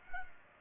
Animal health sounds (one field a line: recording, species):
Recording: mosquito wingbeat signal from an infrared sensor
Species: Culex pipiens